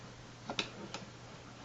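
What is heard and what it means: A second ball is pushed into the magazine tube of a Walther SG 68 16-joule pump shotgun and clicks past the retainer at 0.6 s, with softer ticks just before at 0.5 s and after at 0.9 s. The ball is seated and held in the tube.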